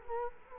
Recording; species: mosquito wingbeat signal from an infrared sensor; Culex quinquefasciatus